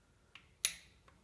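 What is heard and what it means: A click-type torque wrench is pulled slowly and steadily on a main bearing cap bolt of a B18B engine block during crank installation. A faint tick at 0.4 s comes before a sharp, bright click at 0.6 s that rings briefly, followed by a soft tick at 1.1 s. The wrench clicks at its setting, confirming the bolt is torqued.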